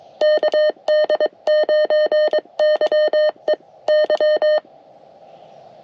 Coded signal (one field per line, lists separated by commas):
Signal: Morse code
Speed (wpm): 22 wpm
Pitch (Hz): 610 Hz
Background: none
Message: KD9YEY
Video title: Gravel Roads and Radio Codes: A Successful CW Activation!